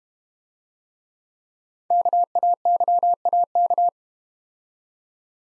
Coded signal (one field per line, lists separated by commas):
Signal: Morse code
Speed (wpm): 32 wpm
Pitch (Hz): 700 Hz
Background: none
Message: KAYAK